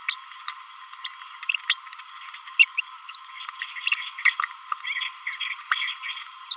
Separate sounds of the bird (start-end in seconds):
0.08-0.14, 0.48-0.51, 1.05-1.09, 1.70-1.73, 2.59-2.65, 2.78-2.81, 6.51-6.54